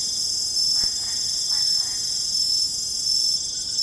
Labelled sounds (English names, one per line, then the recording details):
none
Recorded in secondary vegetation near Puerto Asís, Putumayo, Colombia, on 21 December 2024 at 20:00
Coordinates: 0.468, -76.324
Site G095